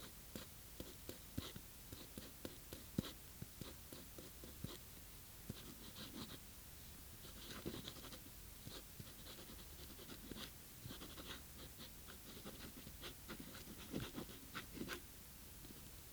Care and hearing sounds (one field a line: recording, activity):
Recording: daily activity, guitar pickup as the sensor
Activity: write